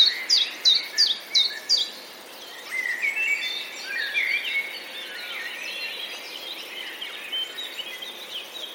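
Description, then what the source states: Common chiffchaff giving a short burst of several sharp, high, evenly spaced notes, followed by varied twittering and warbling from other birds. 8 May 2022.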